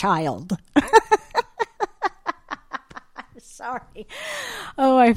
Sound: laughs

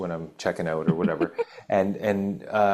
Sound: laughs

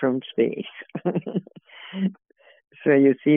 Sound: laughs

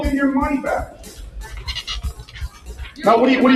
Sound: laughs

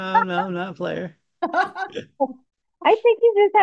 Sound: laughs

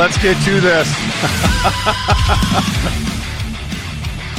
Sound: laughs

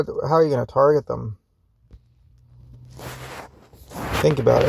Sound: microphone rustles

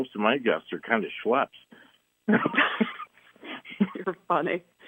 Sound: laughs

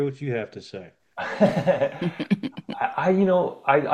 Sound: laughs

